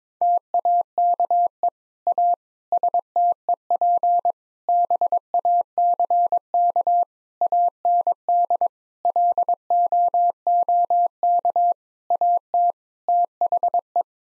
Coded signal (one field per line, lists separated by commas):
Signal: Morse code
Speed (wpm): 22 wpm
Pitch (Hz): 700 Hz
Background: none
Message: TAKE A STEP BACK AND LOOK AT THE